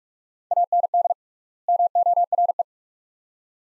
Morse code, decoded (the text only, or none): AND MORE